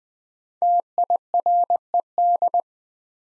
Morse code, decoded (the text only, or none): TIRED